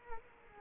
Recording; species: mosquito wingbeat signal from an infrared sensor; Culex quinquefasciatus